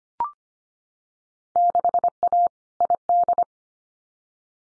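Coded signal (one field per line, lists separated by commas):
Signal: Morse code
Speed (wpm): 25 wpm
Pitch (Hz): 700 Hz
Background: none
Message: 6A ID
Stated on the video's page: Morse drill of randomly selected Field Day contest exchanges at 25 wpm for head-copy practice, each sent twice.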